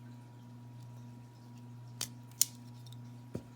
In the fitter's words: slide it into position, and you'll typically hear that pin snap into position on your base plate.